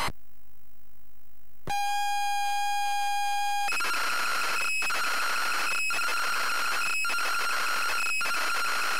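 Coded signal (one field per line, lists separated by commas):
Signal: ZX Spectrum tape loading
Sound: brief hiss, a steady buzzing lead tone for two seconds, then harsh screeching data noise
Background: tape hiss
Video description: ZX Spectrum load up and quick game play of Heavy on the Magick loaded up using a zx spectrum +3 with a wh smith cpd8300 cassette player.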